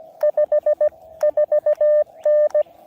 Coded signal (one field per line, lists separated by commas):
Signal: Morse code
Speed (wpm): 17 wpm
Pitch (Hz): 590 Hz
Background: none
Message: 54N